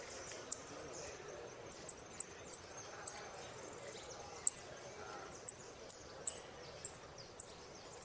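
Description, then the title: Saffron finch repeating thin, high, clipped notes at uneven intervals, sometimes in pairs, with a quiet hiss underneath. "Jilguero Argentino"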